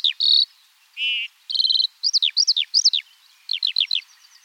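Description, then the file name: Eurasian skylark song: a fast, varied stream of high chirps, buzzy trills and rapid downslurred notes, with brief pauses between phrases. In flight. "alouette des champs en vol"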